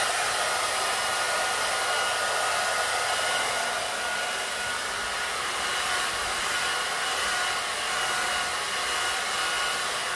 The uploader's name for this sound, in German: Föhn-Geräusch